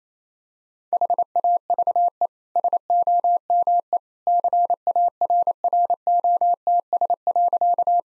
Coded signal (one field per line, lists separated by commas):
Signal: Morse code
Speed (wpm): 28 wpm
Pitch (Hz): 700 Hz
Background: none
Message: HAVE SOME CARROTS.